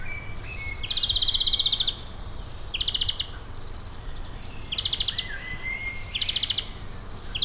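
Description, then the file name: European greenfinch giving fast trilled rattling calls in short bursts, with a wheezy note in between, over a low steady rumble. "Chloris chloris"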